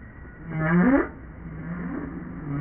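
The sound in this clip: Whale call with a low moaning tone that rises and sweeps upward in a brief louder swell, followed by softer low tonal notes over a murky background.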